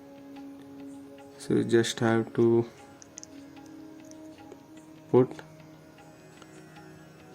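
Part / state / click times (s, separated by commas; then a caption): earbud onto hearing aid receiver / not seated / none. A plastic earbud is being handled onto the receiver of a Signia hearing aid while someone talks, with a few faint ticks of handling. Nothing has seated or clicked yet; the earbud is not yet on.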